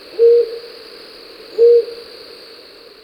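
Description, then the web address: Rufous-banded Owl giving low, short hoots, two even notes about a second and a half apart, over a faint steady hiss. Recorded in Ecuador. "Birds of Ecuador. Rufous-Banded Owl"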